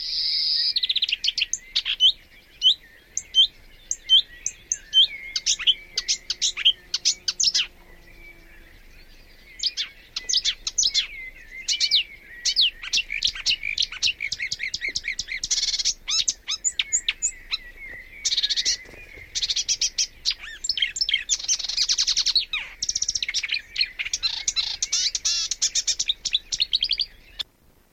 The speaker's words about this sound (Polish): Łozówka zatem niestrudzenie miksuje głosy innych ptaków, ale, co zakrawa na problem filozoficzny, własnego głosu zdaje się nie mieć.